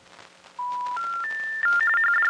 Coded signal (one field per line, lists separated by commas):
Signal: telephone call progress tone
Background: music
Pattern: special information tone